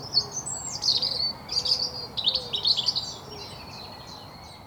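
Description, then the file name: European robin delivering a long, varied warble of high notes and squeaky flourishes. "Erithacus rubecula"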